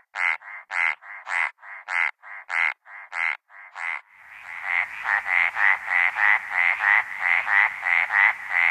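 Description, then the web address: Arizona treefrog giving short pulsed notes with clear gaps, then a louder, continuous run of notes over faint background hiss. North America. "Songs of Frogs Toads of North America 09-Arizona Treefrog"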